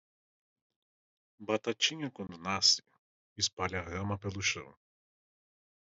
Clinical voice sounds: short text; Brazilian Portuguese; male; 30 to 39 years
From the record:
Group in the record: control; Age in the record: 35 years

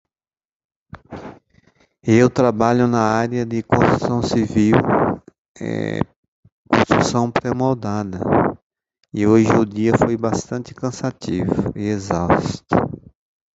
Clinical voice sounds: short text; Brazilian Portuguese; male; 50 to 59 years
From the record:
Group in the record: control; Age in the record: 53 years

